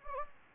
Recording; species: mosquito wingbeat signal from an infrared sensor; Anopheles gambiae